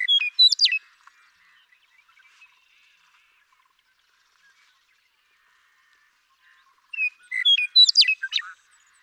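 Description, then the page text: Western meadowlark sings two bright, gurgling song phrases several seconds apart, with near silence between them. One male, nicknamed Bird 1, singing in Sierra Valley, eastern California, during 2018. "Birdsong for the Curious Naturalist. The joy of western meadowlark songs. Sierra Valley in eastern California"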